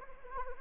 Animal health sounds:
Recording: mosquito wingbeat signal from an infrared sensor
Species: Anopheles arabiensis

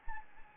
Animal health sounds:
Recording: mosquito wingbeat signal from an infrared sensor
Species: Anopheles gambiae

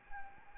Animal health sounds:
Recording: mosquito wingbeat signal from an infrared sensor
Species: Anopheles arabiensis

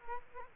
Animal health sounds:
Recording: mosquito wingbeat signal from an infrared sensor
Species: Culex quinquefasciatus

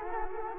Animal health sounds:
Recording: mosquito wingbeat signal from an infrared sensor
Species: Culex quinquefasciatus

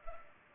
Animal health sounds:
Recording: mosquito wingbeat signal from an infrared sensor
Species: Culex pipiens

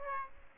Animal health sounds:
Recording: mosquito wingbeat signal from an infrared sensor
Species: Aedes aegypti

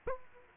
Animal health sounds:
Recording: mosquito wingbeat signal from an infrared sensor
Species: Aedes aegypti

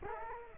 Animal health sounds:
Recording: mosquito wingbeat signal from an infrared sensor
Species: Culex quinquefasciatus

